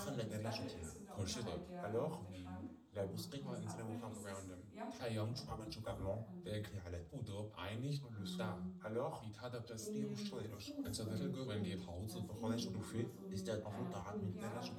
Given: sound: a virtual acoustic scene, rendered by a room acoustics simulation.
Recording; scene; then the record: noise of the scene; living room, asymmetric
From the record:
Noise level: 67 dB SPL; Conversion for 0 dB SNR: 5.4 dB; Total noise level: 72.4 dB SPL